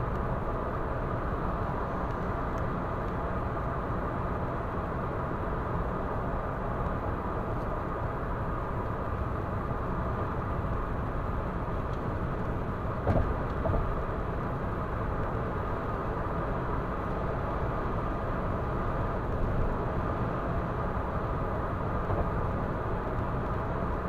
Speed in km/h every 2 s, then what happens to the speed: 117, 117, 117, 118, 118, 118, 118, 118, 117, 117, 117, 117.
0-24 steady at about 117.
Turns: none.